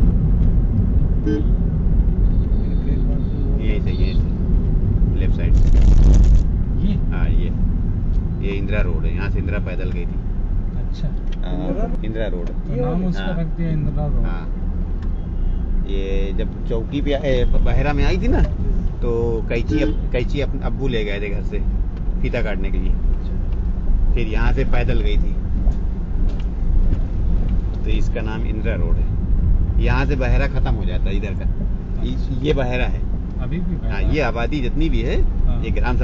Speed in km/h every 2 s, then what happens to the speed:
48, 45, 35, 23, 15, 2, 0, 5, 10, 8, 4, 5, 5, 12, 13, 6, 6, 9.
0-10 brakes to 2. 10-13 standing. 13-16 pulls away to 10. 16-24 steady at about 5. 24-27 speeds up to 13. 27-30 slows to 6. 30-36 steady at about 6.